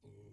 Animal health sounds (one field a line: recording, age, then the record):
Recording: pig call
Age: weaner (32 to 43 days)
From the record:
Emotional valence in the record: negative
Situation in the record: restrain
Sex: male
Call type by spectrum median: low-frequency call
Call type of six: low-frequency stable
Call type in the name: low-frequency stable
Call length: 0.33 s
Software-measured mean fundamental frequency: 58 Hz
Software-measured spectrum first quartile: 113 Hz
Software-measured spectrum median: 241 Hz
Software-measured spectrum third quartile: 487 Hz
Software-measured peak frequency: 407 Hz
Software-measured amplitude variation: 147 dB a second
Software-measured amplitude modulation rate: 28.5 a second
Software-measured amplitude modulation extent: 5.2 dB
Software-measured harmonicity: -1.1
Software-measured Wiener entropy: 0.82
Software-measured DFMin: 1114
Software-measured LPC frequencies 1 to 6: 360, 2188, 2936, 3646, 4328, 5047 Hz